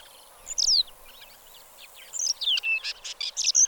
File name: suara black lark